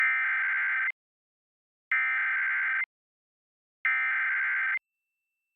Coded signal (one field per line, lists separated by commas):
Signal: Emergency Alert System (SAME) tones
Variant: header bursts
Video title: Tornado Warning (7/11/21)(EAS 775)